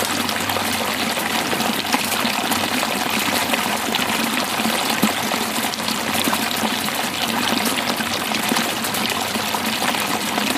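Rain recorded at a high alpine lake, heard from under a tarp shelter. A dense, steady hiss of drops fills the whole clip without pause, with fine pattering and a trickling, pouring quality as water runs off. The level stays even throughout.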